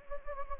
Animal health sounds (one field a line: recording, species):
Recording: mosquito wingbeat signal from an infrared sensor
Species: Anopheles gambiae